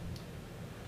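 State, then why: Seated. A re-pinned crimp terminal on a fog lamp wire is pushed back into its plastic connector housing. A short, sharp click at 0.2 s stands out over a low steady hum. The retaining catch grabs, and the pin is installed and locked in.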